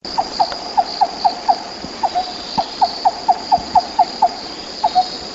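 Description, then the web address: Mountain barbet giving quick, evenly spaced hollow notes in short series with small gaps, while a continuous shrill insect drone runs underneath. "RAFFCNTRE. mountain barbet"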